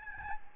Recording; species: mosquito wingbeat signal from an infrared sensor; Aedes albopictus